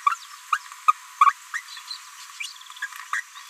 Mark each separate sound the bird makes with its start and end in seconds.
0.06-0.16, 0.51-0.58, 0.87-0.93, 1.20-1.33, 1.53-1.62, 1.89-1.97, 2.39-2.53, 2.81-2.87, 3.12-3.22